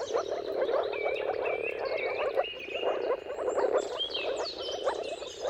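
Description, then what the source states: Moor frog: low bubbling calls of many moor frogs run continuously while birds add whistled, rising and falling phrases above. Many moor frogs giving mating calls at sunrise in a dawn chorus, around the turn of March and April, timing depending on the weather.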